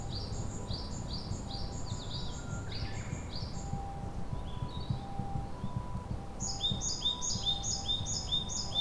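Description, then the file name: Japanese tit calling in quick, high two-note phrases repeated in bursts at start and end, with thinner notes in between and a steady low hum. Recorded on 2 May 2015. "kotori shijukara 150502"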